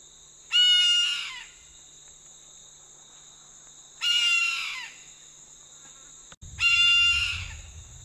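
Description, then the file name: Red-throated caracara repeating harsh, scratchy squawks three times, spaced about three seconds apart, against a persistent high-pitched cricket hum. "Canto do gaviao de anta"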